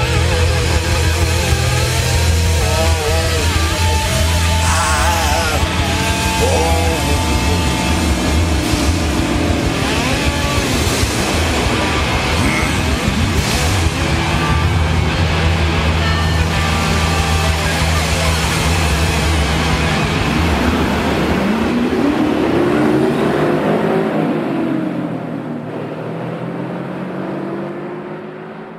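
A heavy truck engine rumbles loudly and steadily, its pitch climbing and dropping through several revs before it eases off slightly near the end.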